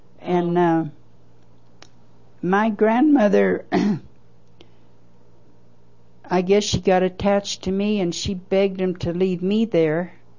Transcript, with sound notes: And um, my grandmother - (clears throat) I guess she got attached to me and she begged him to leave me there